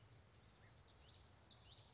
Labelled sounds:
Common Yellowthroat
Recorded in Sonoma County, California

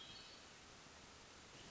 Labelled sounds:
Hermit Thrush
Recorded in Sonoma County, California

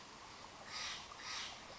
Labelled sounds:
Steller's Jay
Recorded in Sonoma County, California

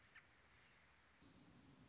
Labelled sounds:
American Robin
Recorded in Sonoma County, California

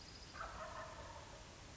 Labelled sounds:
Wild Turkey
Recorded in Sonoma County, California

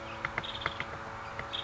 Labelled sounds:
Nuttall's Woodpecker
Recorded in Sonoma County, California

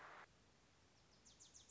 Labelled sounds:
Wilson's Warbler
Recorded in Sonoma County, California

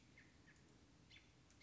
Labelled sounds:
American Robin
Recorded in Sonoma County, California

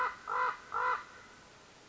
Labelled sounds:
Common Raven
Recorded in Sonoma County, California

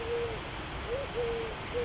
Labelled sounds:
Eurasian Collared Dove
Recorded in Sonoma County, California

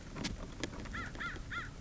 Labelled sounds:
American Crow
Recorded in Sonoma County, California

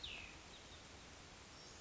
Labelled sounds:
Cassin's Vireo
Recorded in Sonoma County, California

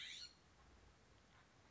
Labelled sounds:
California Scrub-Jay
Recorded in Sonoma County, California

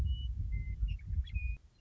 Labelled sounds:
Western Meadowlark
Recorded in Sonoma County, California

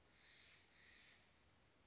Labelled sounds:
Steller's Jay
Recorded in Sonoma County, California

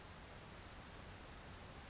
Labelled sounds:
Grasshopper Sparrow
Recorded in Sonoma County, California

